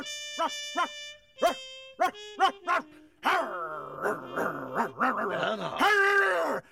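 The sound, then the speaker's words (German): A security guard's dog named Bernhard, in a radio drama, gives a string of sharp, high barks and yips, then shifts into a continuous snarling growl that rises and falls, ending in a louder burst of barking. “Also entweder Sie kommen freiwillig oder Bernhard apportiert Sie.”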